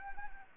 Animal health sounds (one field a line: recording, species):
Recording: mosquito wingbeat signal from an infrared sensor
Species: Anopheles arabiensis